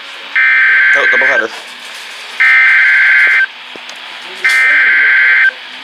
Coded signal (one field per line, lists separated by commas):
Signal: Emergency Alert System (SAME) tones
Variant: header bursts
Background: speech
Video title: Quintuple Header Included! - EAS Alerts from 4/2/2024 (EAS #196-221)